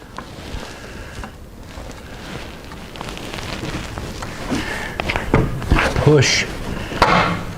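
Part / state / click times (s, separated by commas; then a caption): fairing spoiler locating nipple into rubber grommet on motorcycle fairing bracket / seated / 7.0 s. Plastic locating nipples on the back of a color-matched Advanblack fairing spoiler for a Road Glide are pushed into new rubber grommets on the motorcycle's fairing bracket while someone talks, with light handling knocks along the way. One sharp knock-like pop at 7.0 s marks a nipple seating in its grommet.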